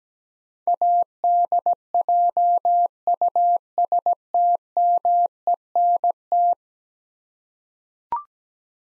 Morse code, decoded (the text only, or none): ADJUSTMENT